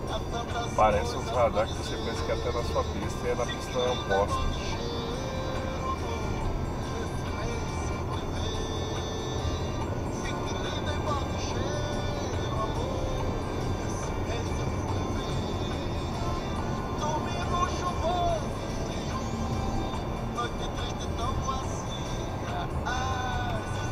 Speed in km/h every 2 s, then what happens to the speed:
90, 95, 100, 104, 108, 112, 115, 119, 120, 121, 119, 117.
0-14 speeds up to 119. 14-24 steady at about 119.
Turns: none.